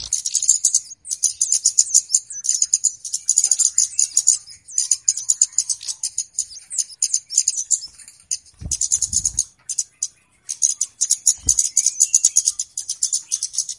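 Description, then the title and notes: Flowerpecker calls: almost continuous high-pitched ticking and chipping, fast and uneven, broken by a few short gaps and soft low thumps. Lure call used for bird catching (pikat, pancing). "Kicau Pancing Burung Kemade ( Cabe Cabean). Suara Burung Cabe Cabean Pikat"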